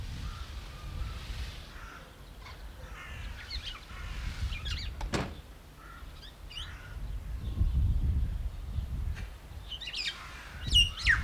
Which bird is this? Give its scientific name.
Oriolus chinensis